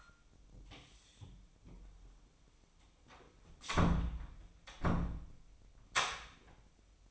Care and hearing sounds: daily activity, microphone in the room; close door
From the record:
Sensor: 1

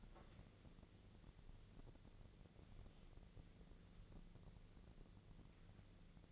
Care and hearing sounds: daily activity, microphone in the room; wipe stove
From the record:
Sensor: 4

